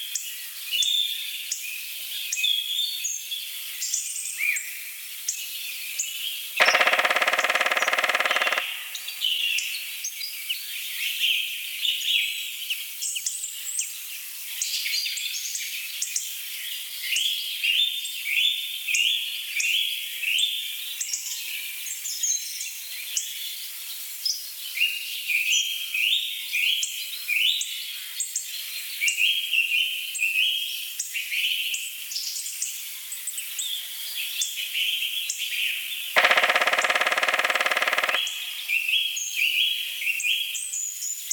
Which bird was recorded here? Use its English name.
Black Woodpecker